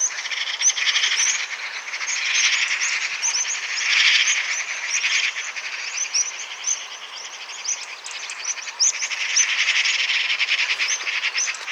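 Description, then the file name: Eurasian magpie rattling chatter, dense harsh pulses rising and falling in loudness, with many high chirps mixed in. "Pica pica"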